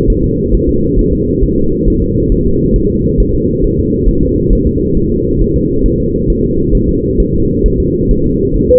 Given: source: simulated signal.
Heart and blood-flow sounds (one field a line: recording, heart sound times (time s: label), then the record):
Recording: fetal heart sounds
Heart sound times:
0.10 s: S1
0.24 s: S2
0.54 s: S1
0.69 s: S2
0.99 s: S1
1.13 s: S2
1.43 s: S1
1.58 s: S2
1.88 s: S1
2.02 s: S2
2.32 s: S1
2.46 s: S2
2.76 s: S1
2.90 s: S2
3.20 s: S1
3.34 s: S2
3.64 s: S1
3.79 s: S2
4.09 s: S1
4.23 s: S2
4.53 s: S1
4.67 s: S2
4.97 s: S1
5.12 s: S2
5.41 s: S1
5.56 s: S2
5.86 s: S1
6.00 s: S2
6.30 s: S1
6.44 s: S2
6.75 s: S1
6.89 s: S2
7.20 s: S1
7.34 s: S2
7.66 s: S1
7.80 s: S2
8.11 s: S1
8.26 s: S2
8.57 s: S1
8.71 s: S2
From the record:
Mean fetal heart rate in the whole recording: 135 bpm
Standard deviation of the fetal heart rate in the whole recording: 3 bpm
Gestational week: 36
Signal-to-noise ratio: -15.3 dB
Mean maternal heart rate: 72 bpm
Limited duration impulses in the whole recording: present